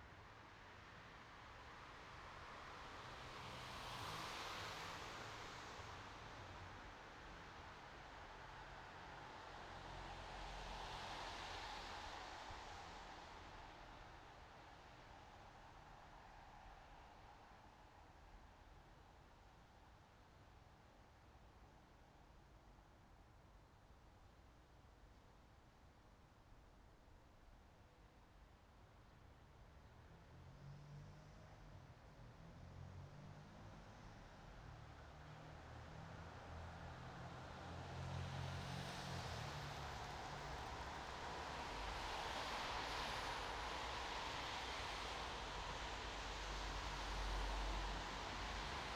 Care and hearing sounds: everyday scene through a hearing-aid microphone; in traffic; traffic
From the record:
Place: bus stop on a city main road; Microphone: in the ear canal, right

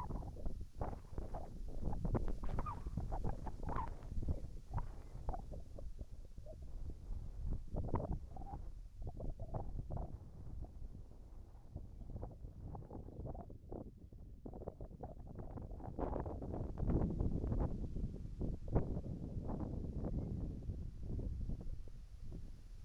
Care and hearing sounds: everyday scene through a hearing-aid microphone; wind on the microphone; wind, whistling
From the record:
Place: in front of a rural house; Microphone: behind the ear, right, rear

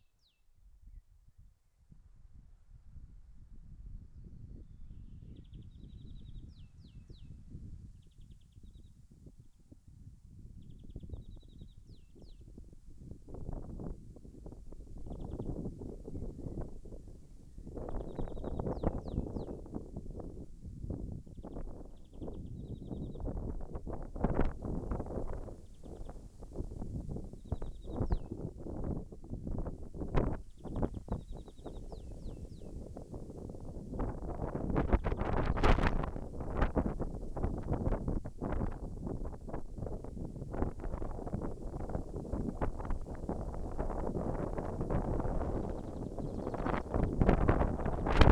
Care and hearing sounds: everyday scene through a hearing-aid microphone; wind on the microphone; wind, birds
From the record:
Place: in front of a rural house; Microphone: behind the ear, left, front

